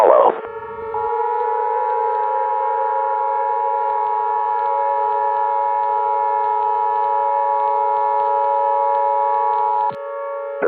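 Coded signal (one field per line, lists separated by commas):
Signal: Emergency Alert System (SAME) tones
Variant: 853 and 960 Hz attention tone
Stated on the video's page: Fictional EAS scenario made with Audacity audio editing and text-to-speech.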